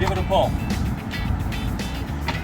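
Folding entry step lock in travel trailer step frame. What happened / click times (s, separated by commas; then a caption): The step lock snapped home after a pull / 2.3 s. Someone grabs the back of the aluminum folding entry steps on an Airstream travel trailer and pulls while someone talks over music. The step lock in the frame snaps home with a click at 2.3 s, and the steps are now secure.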